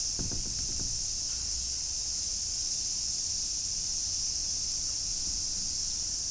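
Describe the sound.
Cicada buzzing, a steady high hiss held without a break throughout, with a few soft low knocks in the first second.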